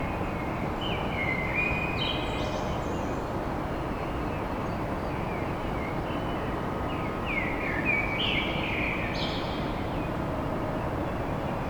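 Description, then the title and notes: Common blackbird singing two warbled phrases, each closing with thin high notes, over dense continuous low rumbling noise. Song recorded at dawn in Paris. "Blackbird Poetry At Paris On. Enregistrement d'un chant de merle à l'aube dans Paris"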